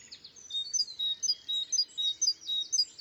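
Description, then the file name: Great tit calls: quick high two-note whistled phrases repeated steadily, overlapping with other faint chirps. "Parus major"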